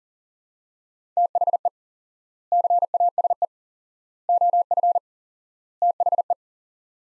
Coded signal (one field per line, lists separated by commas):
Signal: Morse code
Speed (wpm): 40 wpm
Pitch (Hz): 700 Hz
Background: none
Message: THE CASE OF THE